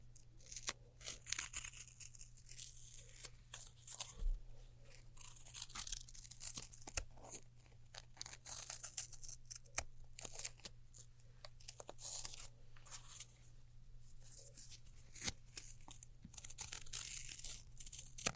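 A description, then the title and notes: Crackly handling of sticky, squishy material, with bursts of crunching and tearing textures through the whole clip. Sharp clicks and snaps land irregularly, some bright and crisp. A steady low hum runs underneath. ASMR Neon Triggers（no Talking）. Glow Sticks. Slime. Sticky Tape.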